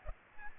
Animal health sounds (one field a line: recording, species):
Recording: mosquito wingbeat signal from an infrared sensor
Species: Aedes aegypti